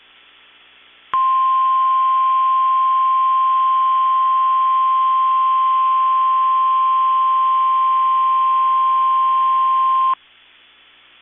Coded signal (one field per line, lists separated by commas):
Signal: Emergency Alert System (SAME) tones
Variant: 1050 Hz attention tone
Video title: WE MADE IT TO EAS #300 AND LAST WEEKLY TESTS OF THE YEAR EAS Tests From 12/30/20 (EAS #298-303)